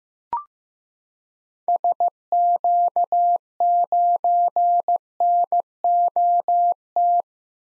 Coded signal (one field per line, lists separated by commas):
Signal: Morse code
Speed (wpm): 15 wpm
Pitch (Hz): 700 Hz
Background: none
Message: SQ9NOT